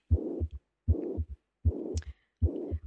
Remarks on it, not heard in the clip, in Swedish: En person som inte är hjärtfrisk utan har ett blåsljud. Det läcker i mitralklaffen, mitralis insufficiens. När man hör det här blåsljudet som då bör utredas.